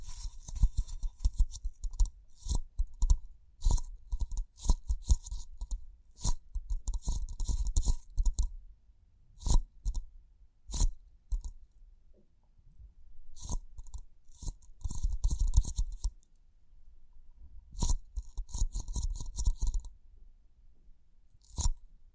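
Tapping, scratching and crinkling sounds come in irregular bursts, with sharp taps standing out at intervals throughout. Dense rustling, brushing stretches run for a second or two at a time, separated by short quiet gaps, with a low thumping underneath.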